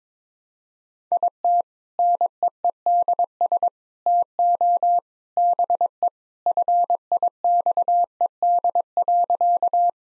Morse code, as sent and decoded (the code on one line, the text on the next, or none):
.. - / -. . . -.. ... / - --- / -... . / ..-. .. -..- . -.. .-.-.-
IT NEEDS TO BE FIXED.